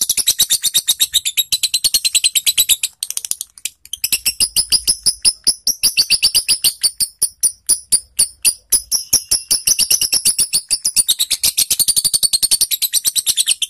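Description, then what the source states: Lovebird song as an extended, relentless chatter of shrill rasping chips, nearly continuous, with one short pause early on. Long ngekek (continuous chattering) song, used to train lovebirds.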